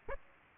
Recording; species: mosquito wingbeat signal from an infrared sensor; Aedes aegypti